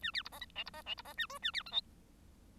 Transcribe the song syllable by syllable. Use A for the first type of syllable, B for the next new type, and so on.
A B C D E F C D F C D A G A B H I